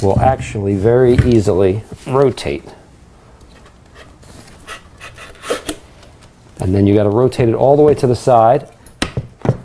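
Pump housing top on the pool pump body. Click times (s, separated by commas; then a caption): 9.0 s. Someone talks while the top section of a pool pump housing is rotated all the way to the side on the pool pump body, with some rubbing and light knocks. Near the end, a few sharp taps lead into a loud click at 9.0 s as a little slam locks the top into position, and the housing top is seated.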